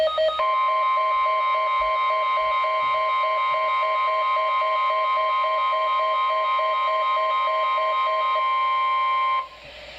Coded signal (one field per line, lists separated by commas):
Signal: Emergency Alert System (SAME) tones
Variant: 1050 Hz attention tone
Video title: Required Weekly Test as "Go Cubs Go Advisory" (EAS #1,067) 9/27/17